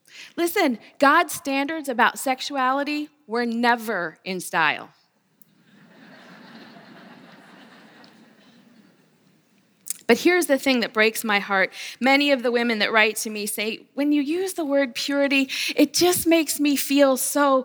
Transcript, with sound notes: Listen, God’s standards about sexuality were never in style! (laughter) But here’s the thing that breaks my heart: Many of the women that write to me say, “When you use the word purity, it just makes me feel so